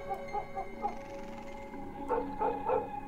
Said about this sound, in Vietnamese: Con Mích đứng ở ngoài hiên, nó như cũng nhận biết tình thế nguy hiểm mà nó sủa lên ghê lắm, như điên như cuồng vậy.